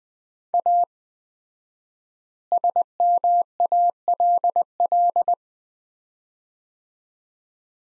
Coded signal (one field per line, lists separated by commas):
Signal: Morse code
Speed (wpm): 20 wpm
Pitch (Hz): 700 Hz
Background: none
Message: A SMALL